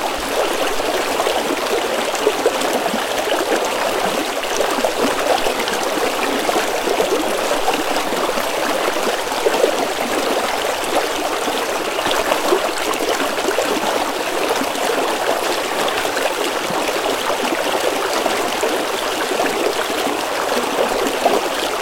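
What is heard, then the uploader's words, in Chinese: Rushing water at the edge of a stream pours steadily for the whole stretch, a dense, unbroken rush with no pauses. The sound sits in the middle and upper range, with a bright hiss over a softer churn and little deep rumble. 在溪河边湍急的流水声中，有只小鸟在睡觉。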